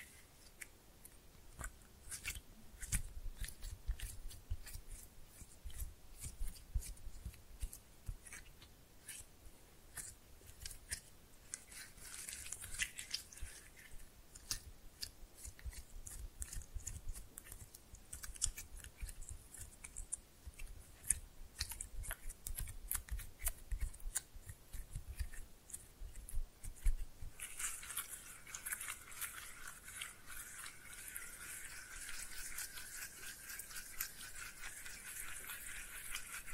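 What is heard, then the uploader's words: Slime being pressed and mixed gives dense, irregular wet clicks and squelches, with a steadier bright crackling hiss taking over after about 27 seconds. Slime No Talking (Pressing and Mixing).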